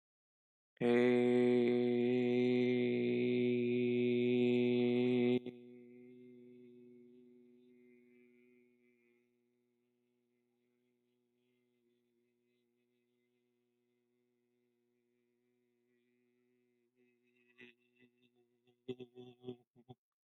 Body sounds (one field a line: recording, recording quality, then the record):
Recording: sustained vowel as in made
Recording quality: excellent, no background noise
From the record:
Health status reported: respiratory illness, not identified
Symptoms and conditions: asthma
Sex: male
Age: 23 years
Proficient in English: yes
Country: India